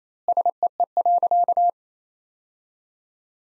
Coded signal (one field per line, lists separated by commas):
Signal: Morse code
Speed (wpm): 28 wpm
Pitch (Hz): 700 Hz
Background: none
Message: SEE.